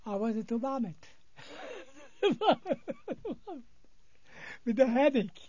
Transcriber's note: he laughs